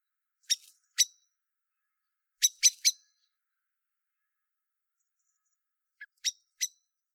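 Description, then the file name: Common blackbird uttering hard, abrupt chinking notes in small clusters separated by silent gaps of one to three seconds. "Turdus merula"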